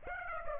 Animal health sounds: mosquito wingbeat signal from an infrared sensor; Aedes aegypti

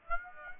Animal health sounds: mosquito wingbeat signal from an infrared sensor; Aedes aegypti

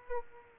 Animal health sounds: mosquito wingbeat signal from an infrared sensor; Aedes aegypti

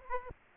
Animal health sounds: mosquito wingbeat signal from an infrared sensor; Aedes aegypti

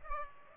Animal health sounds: mosquito wingbeat signal from an infrared sensor; Culex pipiens

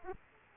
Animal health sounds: mosquito wingbeat signal from an infrared sensor; Aedes aegypti

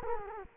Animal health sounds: mosquito wingbeat signal from an infrared sensor; Culex quinquefasciatus

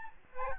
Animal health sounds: mosquito wingbeat signal from an infrared sensor; Aedes albopictus

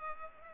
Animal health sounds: mosquito wingbeat signal from an infrared sensor; Culex pipiens

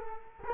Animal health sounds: mosquito wingbeat signal from an infrared sensor; Culex quinquefasciatus

